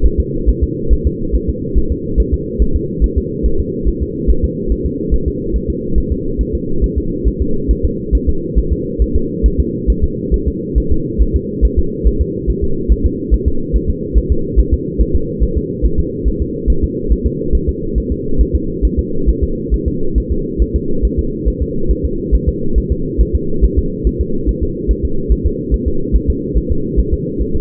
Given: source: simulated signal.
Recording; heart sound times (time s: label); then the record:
fetal heart sounds
0.06 s: S1
0.20 s: S2
0.49 s: S1
0.64 s: S2
0.93 s: S1
1.07 s: S2
1.35 s: S1
1.49 s: S2
1.78 s: S1
1.92 s: S2
2.20 s: S1
2.34 s: S2
2.62 s: S1
2.76 s: S2
3.04 s: S1
3.18 s: S2
3.46 s: S1
3.60 s: S2
3.88 s: S1
4.03 s: S2
4.30 s: S1
4.45 s: S2
4.72 s: S1
4.86 s: S2
5.14 s: S1
5.28 s: S2
5.56 s: S1
5.70 s: S2
5.98 s: S1
6.12 s: S2
6.41 s: S1
6.55 s: S2
6.84 s: S1
6.98 s: S2
7.28 s: S1
7.42 s: S2
7.71 s: S1
7.85 s: S2
8.15 s: S1
8.29 s: S2
8.58 s: S1
8.73 s: S2
9.02 s: S1
9.16 s: S2
9.46 s: S1
9.60 s: S2
9.90 s: S1
10.04 s: S2
10.34 s: S1
10.48 s: S2
10.78 s: S1
10.92 s: S2
11.22 s: S1
11.36 s: S2
11.65 s: S1
11.79 s: S2
12.07 s: S1
12.21 s: S2
12.50 s: S1
12.64 s: S2
12.92 s: S1
13.06 s: S2
13.34 s: S1
13.48 s: S2
13.76 s: S1
13.90 s: S2
14.18 s: S1
14.32 s: S2
14.59 s: S1
14.73 s: S2
15.01 s: S1
15.16 s: S2
15.43 s: S1
15.57 s: S2
15.86 s: S1
16.00 s: S2
16.28 s: S1
16.42 s: S2
16.70 s: S1
16.84 s: S2
17.12 s: S1
17.27 s: S2
17.55 s: S1
17.69 s: S2
17.98 s: S1
18.12 s: S2
18.41 s: S1
18.55 s: S2
18.85 s: S1
18.99 s: S2
19.29 s: S1
19.43 s: S2
19.74 s: S1
19.88 s: S2
20.18 s: S1
20.32 s: S2
20.62 s: S1
20.76 s: S2
21.05 s: S1
21.19 s: S2
21.48 s: S1
21.62 s: S2
21.91 s: S1
22.05 s: S2
22.35 s: S1
22.49 s: S2
22.78 s: S1
22.92 s: S2
23.21 s: S1
23.35 s: S2
23.64 s: S1
23.79 s: S2
24.07 s: S1
24.21 s: S2
24.49 s: S1
24.63 s: S2
24.91 s: S1
25.05 s: S2
25.32 s: S1
25.46 s: S2
25.74 s: S1
25.88 s: S2
26.16 s: S1
26.30 s: S2
26.57 s: S1
26.71 s: S2
26.99 s: S1
27.14 s: S2
27.41 s: S1
27.56 s: S2
From the record:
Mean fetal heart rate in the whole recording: 140 bpm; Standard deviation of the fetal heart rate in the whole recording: 2 bpm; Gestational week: 34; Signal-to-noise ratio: -8.1 dB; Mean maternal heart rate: 72 bpm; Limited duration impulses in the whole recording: absent